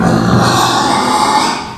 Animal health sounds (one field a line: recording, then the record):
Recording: squeal of a Yucatan mini pig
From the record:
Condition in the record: after surgery on the right vocal fold (resection and tissue-engineered implant)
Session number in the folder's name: 13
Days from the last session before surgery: 113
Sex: female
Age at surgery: 19 weeks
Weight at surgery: 25 kg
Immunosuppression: prednisolone